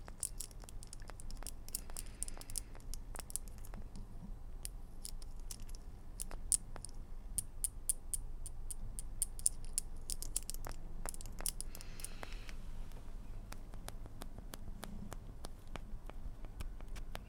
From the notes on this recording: rummaging through a bag of nail polish, gathering up a handful of marbles, two wooden dolls giving each other a hug